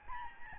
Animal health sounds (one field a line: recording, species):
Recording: mosquito wingbeat signal from an infrared sensor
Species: Aedes albopictus